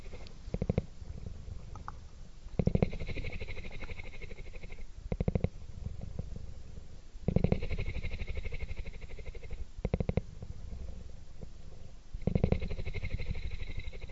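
A cat purrs, a low, steady rumbling pulse that swells in louder bursts around 2.5, 7.5 and 12 seconds, each carrying a brighter buzzing edge. Between bursts the purr settles into a softer, even flutter, with a few quick clicks scattered through.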